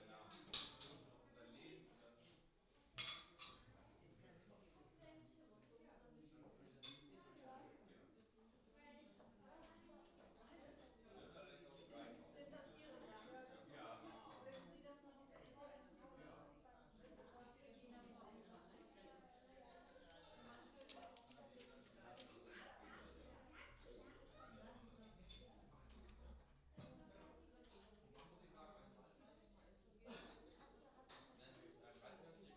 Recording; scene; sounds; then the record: everyday scene through a hearing-aid microphone; many people talking; many voices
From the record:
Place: parish hall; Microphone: in the ear canal, left